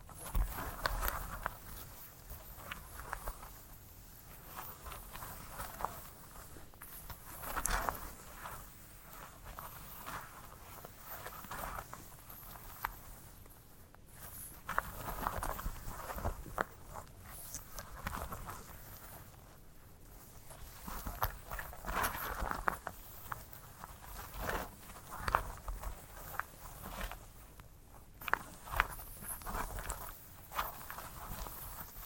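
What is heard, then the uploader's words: A sunflower head is handled and rubbed, giving a dense, continuous crackling and rustling with soft scratchy taps. The texture stays busy and irregular throughout, with louder crunchy swells around 8, 14, 22 and 28 seconds over a faint low hiss. ASMR of a Sunflower Head (No Talking).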